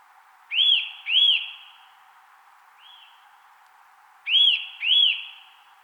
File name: Sitta europaea